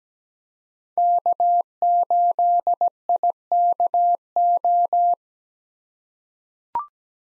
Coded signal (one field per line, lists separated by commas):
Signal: Morse code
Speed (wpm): 17 wpm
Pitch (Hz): 700 Hz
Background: none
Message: K8IKO